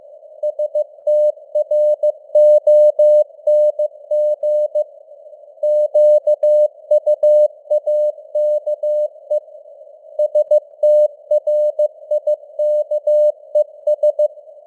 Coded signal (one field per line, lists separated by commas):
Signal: Morse code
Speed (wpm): 15 wpm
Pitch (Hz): 600 Hz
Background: none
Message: STRONG QUAKE STRIKES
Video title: Morse Code News | 2025-11-22 | 15wpm